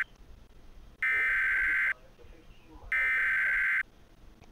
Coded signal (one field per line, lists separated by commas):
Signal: Emergency Alert System (SAME) tones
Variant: header bursts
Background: speech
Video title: Celestina: Reverse Isekai - an EAS Scenario/Audio Drama